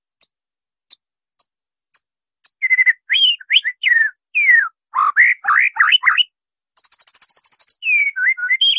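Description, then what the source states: White-rumped shama singing: five spaced high clicks, then loud varied whistles and slurs, a fast buzzy trill, and more rolling whistled phrases. Murai batu masteran, a training recording for caged birds; 'Labaik' named.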